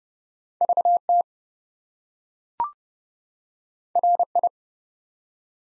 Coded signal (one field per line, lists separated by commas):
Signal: Morse code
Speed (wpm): 30 wpm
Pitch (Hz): 700 Hz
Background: none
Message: VT RI